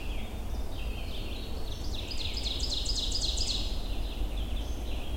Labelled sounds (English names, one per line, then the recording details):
Ovenbird song
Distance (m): 45 m
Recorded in boreal forest in Alberta, Canada, on 22 June 2016 at 07:26
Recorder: SongMeter 3, array SBT-6-76
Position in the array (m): 14 m, 118 m
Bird 2